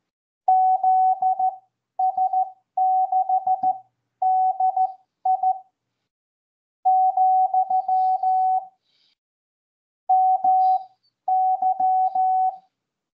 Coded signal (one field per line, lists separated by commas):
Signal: Morse code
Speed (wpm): 16 wpm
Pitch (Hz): 750 Hz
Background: none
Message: ZS6DI , MY